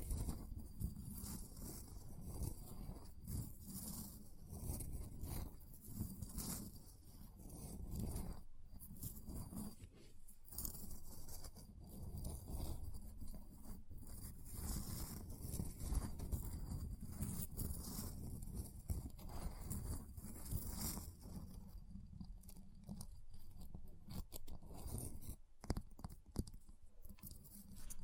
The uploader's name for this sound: Ice Tapping, Scratching, Carving Sounds